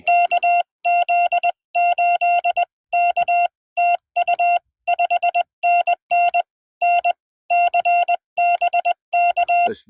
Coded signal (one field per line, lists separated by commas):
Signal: Morse code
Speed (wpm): 19 wpm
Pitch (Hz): 690 Hz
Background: none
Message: KZ8K TU 5NN NC BK